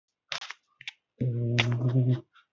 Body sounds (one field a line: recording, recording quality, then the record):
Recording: sustained vowel as in boot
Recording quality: excellent, no background noise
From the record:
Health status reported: healthy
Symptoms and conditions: cough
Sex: male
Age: 18 years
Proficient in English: yes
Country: India